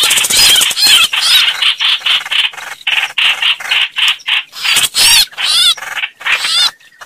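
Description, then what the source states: Red-whiskered bulbul uttering harsh, grating distress rasps interspersed with quavering, warbled squeals, uneven in rhythm. Distress call, described as crying for help.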